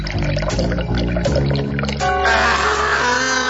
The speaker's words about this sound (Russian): Я взяла ведро и отправилась на лестницу. Откинула железный ковш и вылила воду вниз.